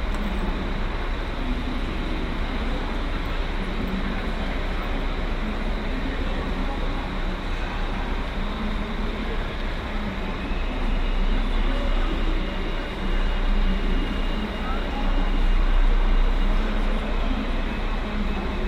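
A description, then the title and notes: Trains rumble through a busy station, a deep, steady roar filling the whole clip with dense, hissing noise above it. Faint voices sit in the background. The rumble grows somewhat louder after the midpoint and peaks near the end. Cologne Central Station | Train station sounds. Recorded on Cologne Central Station. Sound of trains, people and station announcements.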